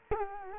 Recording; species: mosquito wingbeat signal from an infrared sensor; Culex quinquefasciatus